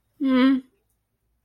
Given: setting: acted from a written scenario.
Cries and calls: vocal sound without words; embarrassment

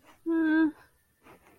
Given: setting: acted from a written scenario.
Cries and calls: vocal sound without words; embarrassment

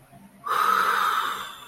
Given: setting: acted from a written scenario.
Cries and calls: vocal sound without words; serenity

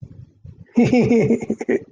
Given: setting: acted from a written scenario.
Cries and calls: vocal sound without words; contentment

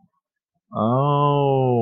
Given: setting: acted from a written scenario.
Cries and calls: vocal sound without words; realization

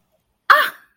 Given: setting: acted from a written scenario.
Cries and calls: vocal sound without words; contempt

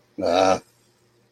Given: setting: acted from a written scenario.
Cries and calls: vocal sound without words; shame

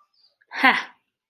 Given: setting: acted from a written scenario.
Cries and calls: vocal sound without words; pride

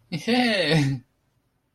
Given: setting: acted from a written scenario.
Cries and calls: vocal sound without words; elation

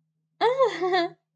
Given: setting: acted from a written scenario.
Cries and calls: vocal sound without words; elation

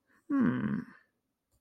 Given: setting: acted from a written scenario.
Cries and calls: vocal sound without words; interest

